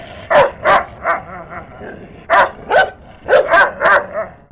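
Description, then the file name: Dog barking in quick bursts of two to three sharp barks, separated by short pauses, with a few softer barks trailing off. Dogs recorded in Denver. "scarier Denver dogs"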